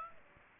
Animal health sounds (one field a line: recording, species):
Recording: mosquito wingbeat signal from an infrared sensor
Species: Aedes aegypti